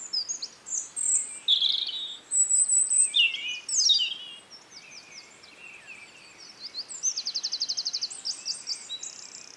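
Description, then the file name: European robin song in several high phrases: sharp descending notes, thin whistles, then a rapid even trill near the end. "Erithacus rubecula"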